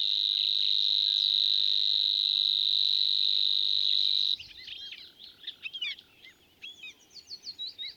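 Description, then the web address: Savi's warbler giving a sustained, even, high reeling buzz for about four seconds, which stops abruptly and gives way to jerky chattering. "soorten geluid Snor"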